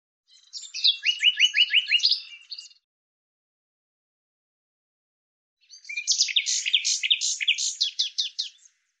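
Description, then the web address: Bird song, two bursts of rapid rattling trills separated by a pause of about three seconds. "Deverinetal 2025"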